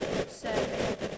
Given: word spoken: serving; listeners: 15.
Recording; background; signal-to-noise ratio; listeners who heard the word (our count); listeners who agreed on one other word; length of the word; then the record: one English word in noise, from a listening test; noise modulated by three-talker babble; -6.5 dB; 0 of 15; 7 of 15; 0.78 s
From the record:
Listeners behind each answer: 7, 3, 1, 1, 1, 1, 1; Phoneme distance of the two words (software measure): 10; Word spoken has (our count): 2 syllables, 5 phonemes, stress on syllable 1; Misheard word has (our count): 2 syllables, 5 phonemes, stress on syllable 1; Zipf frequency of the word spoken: 4.45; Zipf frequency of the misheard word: 5.20